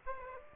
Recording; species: mosquito wingbeat signal from an infrared sensor; Aedes aegypti